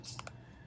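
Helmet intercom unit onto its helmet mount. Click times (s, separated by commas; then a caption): 0.2 s, 0.3 s. A SHARK SCS S-11 helmet intercom unit is placed onto its plastic back mount on the helmet, making two light clicks at 0.2 s and 0.3 s. The unit sits on the mount but is not yet clipped fully forward; the heavy click that locks it in has not happened yet.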